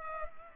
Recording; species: mosquito wingbeat signal from an infrared sensor; Culex pipiens